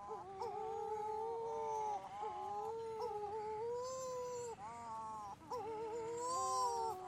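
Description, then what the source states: Wedge-tailed shearwater giving drawn-out, gently rising and falling moans, broken by brief catches, continuing almost without pause. Wedge-tailed shearwaters calling, Western Australia.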